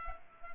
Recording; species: mosquito wingbeat signal from an infrared sensor; Culex pipiens